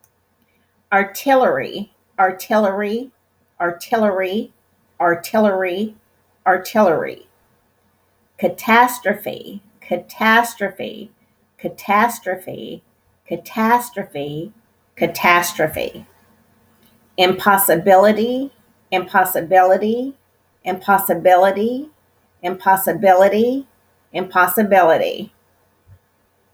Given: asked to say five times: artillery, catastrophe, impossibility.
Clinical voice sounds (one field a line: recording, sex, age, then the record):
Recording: three words, each repeated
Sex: female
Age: 60 to 69 years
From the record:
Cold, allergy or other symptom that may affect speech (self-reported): no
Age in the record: 62 years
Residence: Kentucky, United States